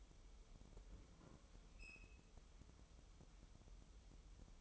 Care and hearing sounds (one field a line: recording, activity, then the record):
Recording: daily activity, microphone in the room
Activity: open fridge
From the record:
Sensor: 1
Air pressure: 988.4 hPa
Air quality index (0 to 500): 200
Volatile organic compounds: 1000 ppm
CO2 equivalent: 5329 ppm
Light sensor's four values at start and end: 27/99/37/39 and 27/99/37/39